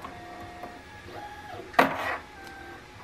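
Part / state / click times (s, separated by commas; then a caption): battery pack connector into the robot battery lead connector / seated / 1.8 s. A battery pack's plastic connector is pushed into the mating lead connector of a robot battery lead. After a brief struggle, it latches with a sharp click at 1.8 s and is seated. A low tonal hum runs throughout, and the click is followed by a short rustle.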